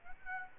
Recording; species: mosquito wingbeat signal from an infrared sensor; Aedes aegypti